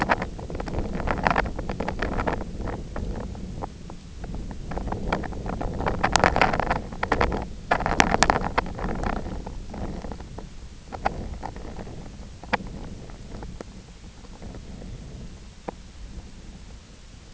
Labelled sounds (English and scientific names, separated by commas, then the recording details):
none
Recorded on Arctic tundra, site IGLO-F, on 24 June 2018
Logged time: 20:00